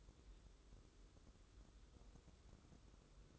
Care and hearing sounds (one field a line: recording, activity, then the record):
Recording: daily activity, microphone in the room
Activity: take from stove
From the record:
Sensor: 3